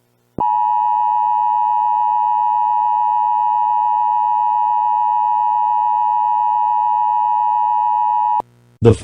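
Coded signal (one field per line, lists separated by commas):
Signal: Emergency Alert System (SAME) tones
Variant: 853 and 960 Hz attention tone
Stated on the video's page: Fictional EAS scenario, not a real alert.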